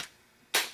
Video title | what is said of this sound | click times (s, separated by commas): Benelli R1 part 3 - re-assembly - .338 Winchester Magnum | there it clicks click into place | 0.6 s